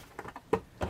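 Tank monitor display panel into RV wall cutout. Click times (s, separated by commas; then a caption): 0.5 s. An RV holding tank monitor display panel is pressed into its cutout in the wall during a test fit. After a few soft low thuds, a sharp pop at 0.5 s marks the panel seating into place with no issue, followed by another thump at 0.8 s. Someone talks.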